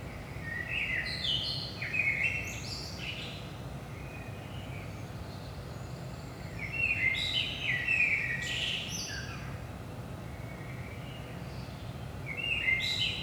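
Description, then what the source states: Common blackbird delivering unhurried fluty phrases roughly every five to six seconds, each mellow warble trailing into a sharp high-pitched twitter, with a low steady rumble beneath. Saint-Gilles, Belgium; about 5 am, early morning; recorded with DPA 4060 microphones in AB stereo into a Zoom F3.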